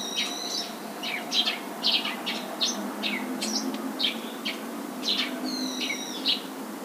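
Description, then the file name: Eurasian tree sparrow chirping, sharp notes and a few falling slurs at irregular intervals, with longer level tones near start and end over background hiss. "suzume"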